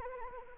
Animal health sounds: mosquito wingbeat signal from an infrared sensor; Anopheles arabiensis

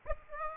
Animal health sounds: mosquito wingbeat signal from an infrared sensor; Aedes aegypti

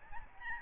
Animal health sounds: mosquito wingbeat signal from an infrared sensor; Aedes albopictus

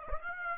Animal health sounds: mosquito wingbeat signal from an infrared sensor; Aedes aegypti

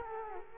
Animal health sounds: mosquito wingbeat signal from an infrared sensor; Culex quinquefasciatus

